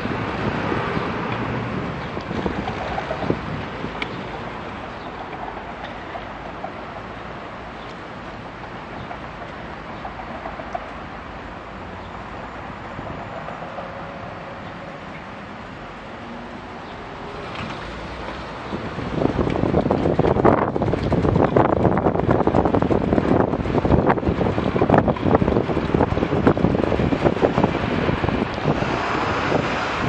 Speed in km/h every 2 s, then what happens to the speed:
5, 1, 0, 0, 0, 0, 0, 4, 10, 13, 16, 20, 21, 17, 13.
2-13 standing. 13-23 pulls away to 21. 23-30 slows to 13.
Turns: none.